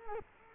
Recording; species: mosquito wingbeat signal from an infrared sensor; Culex quinquefasciatus